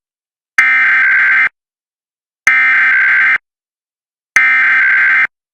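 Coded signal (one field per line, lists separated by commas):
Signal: Emergency Alert System (SAME) tones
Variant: header bursts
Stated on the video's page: Real US alerts: severe thunderstorm, tornado and flash flood emergency warnings plus required monthly and weekly tests.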